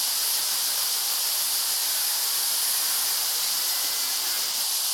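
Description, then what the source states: Cicada song heard as an unbroken high, hissing buzz, even and sustained for the whole stretch. Species epithet dimissa, family Cicadidae.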